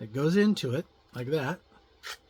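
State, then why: Not seated. A GBIC transceiver insert is handled at the port of a gigabit fiber network card while someone talks, with a brief faint rasp and rub near the end. Nothing has seated or clicked yet.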